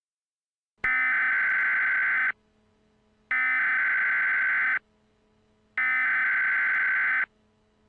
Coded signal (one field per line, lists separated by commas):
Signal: Emergency Alert System (SAME) tones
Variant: header bursts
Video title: EAS Scenario #52: Mickey Error 9: The Return of Mickey Error: Time Goes Back!